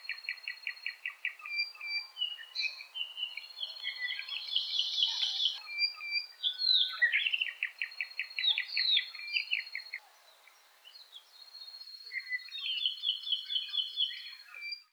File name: Apapane